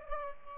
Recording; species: mosquito wingbeat signal from an infrared sensor; Aedes albopictus